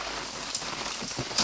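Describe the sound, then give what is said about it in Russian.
Steady rain falls with a dense, hissing patter across the whole moment, a few slightly louder drops splashing near the end, with no voices. “Ну, в таком случае я зонт открою. Да не рассуждайте, лучше открывайте скорее.”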